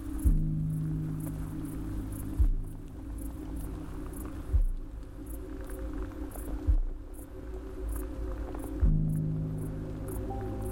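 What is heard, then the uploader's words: Crickets chirp high and fast in a steady pattern across the field. Every two seconds a soft low piano note strikes and rings out, leaving a warm sustained tone underneath that swells with each new note. Exploring the stretch and pulse of time at night, led by the rhythmic crickets in the field recording and enhanced with gentle piano interjections. Crickets in Bad Boll.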